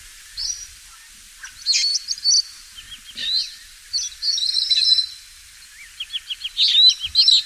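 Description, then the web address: Fischer's lovebird twittering, high scratchy chirps and rapid clicking trills in irregular bursts. Lovebirds, genus Agapornis, singing. "golosa ptic kak poyut popugai nerazlucniki agapornis. parrots agapornis-fischeri"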